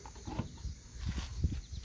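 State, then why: Not seated. The second plastic bumper cap is being lined up on the tabs and posts of a 2001 Dodge Ram 1500's rear bumper before it is pushed down. Soft low handling thumps and rubbing come through, with small bumps near 0.4 and 1.4 seconds. Nothing has clicked or seated yet.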